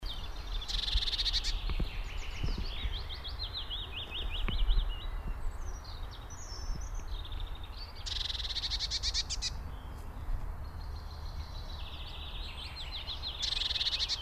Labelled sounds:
Eurasian Blue Tit call
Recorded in the wild
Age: adult
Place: Schönow, Naturpark Barnim, Brandenburg, DE
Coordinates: 52.6817, 13.5022
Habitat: mixed wood
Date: 2013-05-11 20:03
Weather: cloudy, windless, 15°C
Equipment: Sound Devices 702, Sennheiser MKH 70, Rycote Windschutz
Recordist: Frommolt, Karl-Heinz

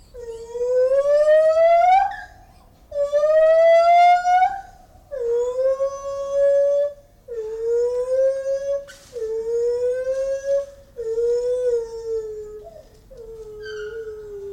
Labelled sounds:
Lar Gibbon call
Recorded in captivity
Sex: group
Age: diverse
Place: Tiergarten Nürnberg, Bayern, DE
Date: 1995-09-07 18:41
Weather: bedeckt, 23°C
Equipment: Nagra SN, Sennheiser ME 80, Kopie Uher 4000 Report Monitor
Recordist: Tembrock, Günter

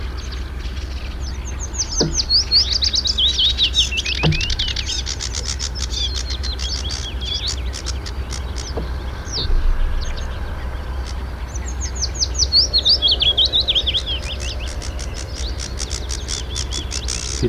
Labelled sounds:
Willow Warbler song
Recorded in the wild
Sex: male
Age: adult
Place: Elblag, Warminsko-Mazurskie, PL
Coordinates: 54.1, 19.4833
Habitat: lake
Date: 1966-05-13
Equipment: Nagra III BH
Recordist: Schubert, Michael

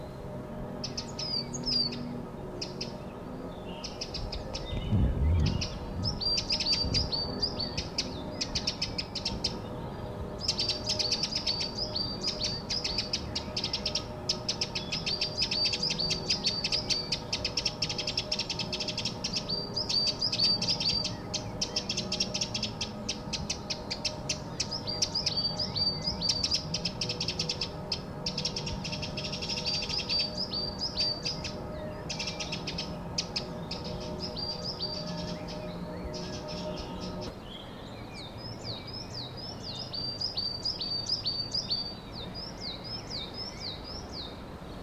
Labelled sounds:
Coal Tit
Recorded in the wild
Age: adult
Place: Mirnock, Kärnten, AT
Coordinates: 46.758, 13.714
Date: 1972-04-03
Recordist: Brunner, Thomas
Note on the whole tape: Aufnahme: Mirnock, Terlwald, Kärnten

